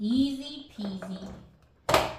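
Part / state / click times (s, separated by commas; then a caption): plastic toy piece into toy train body / seated / 1.9 s. A plastic part of a VTech Baby 4-in-1 Alphabet Train is pushed into its slot at the back of the toy train body while someone talks. A sharp, bright snap lands at 1.9 s as the part clicks and seats in place.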